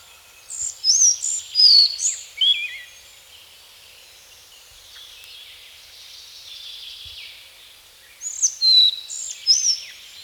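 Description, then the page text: Collared flycatcher song: two separate phrases of sweet, high whistles and squeaky slurs, divided by about five seconds of quiet background noise. "Collared Flycatcher Song. Quick Sounds"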